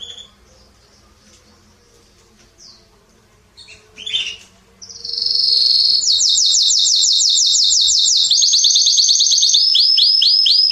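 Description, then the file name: Canary song starting after quiet faint chirps, then a loud sustained high trill from about five seconds, shifting into fast repeated notes to the end. "Canary Voice"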